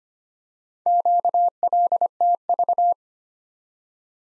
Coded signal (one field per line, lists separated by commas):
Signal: Morse code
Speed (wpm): 25 wpm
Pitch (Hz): 700 Hz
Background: none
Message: QLTV